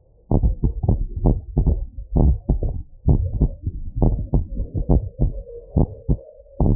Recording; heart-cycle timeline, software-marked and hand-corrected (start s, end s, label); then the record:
heart sounds
0.00	0.39	diastole
0.39	0.53	S1
0.53	0.73	systole
0.73	0.81	S2
0.81	1.25	diastole
1.25	1.41	S1
1.41	1.65	systole
1.65	1.79	S2
1.79	2.21	diastole
2.21	2.37	S1
2.37	2.59	systole
2.59	2.71	S2
2.71	3.09	diastole
3.09	3.21	S1
3.21	3.39	systole
3.39	3.51	S2
3.51	4.01	diastole
4.01	4.17	S1
4.17	4.35	systole
4.35	4.45	S2
4.45	4.91	diastole
4.91	5.03	S1
5.03	5.21	systole
5.21	5.31	S2
5.31	5.77	diastole
5.77	5.89	S1
5.89	6.09	systole
6.09	6.19	S2
6.19	6.65	diastole
6.65	6.76	S1
From the record:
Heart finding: abnormal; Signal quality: good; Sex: male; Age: 58 years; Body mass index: 27.1